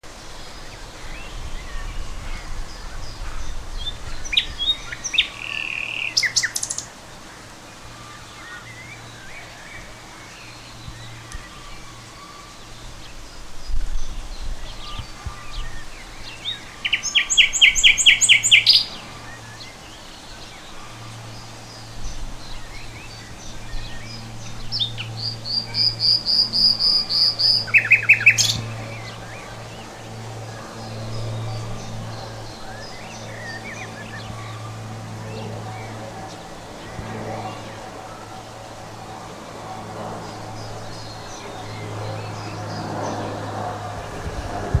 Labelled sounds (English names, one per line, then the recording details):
Common Nightingale song
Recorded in the wild
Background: Phylloscopus collybita
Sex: male
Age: adult
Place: Tegeler Fließ, Berlin, DE
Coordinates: 52.625, 13.3417
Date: 1991-05-05 12:40
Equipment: Uher 4000 Report Monitor ME 80
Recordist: Frommolt, Karl-Heinz
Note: NSG "Tegeler Fließ" - Nordteil. Gesang